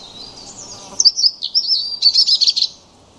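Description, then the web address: European robin song, a high, thin warbling phrase of rapid twittering notes that wavers and slides in pitch, in a quiet background. "Deverinetal 2025 File origin Bird Only Er Ru"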